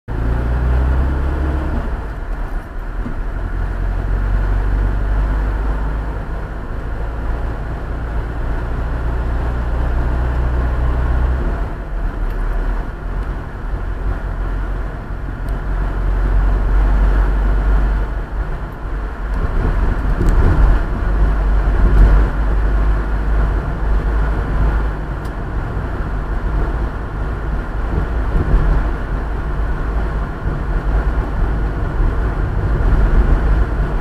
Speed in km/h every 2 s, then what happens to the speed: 15, 23, 28, 30, 33, 35, 35, 36, 37, 39, 39, 40, 41, 41, 41, 41, 40.
0-9 speeds up to 35. 9-34 steady at about 39.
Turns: none.